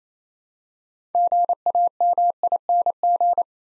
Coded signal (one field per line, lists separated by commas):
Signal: Morse code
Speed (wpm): 28 wpm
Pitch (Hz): 700 Hz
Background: none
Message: GAMING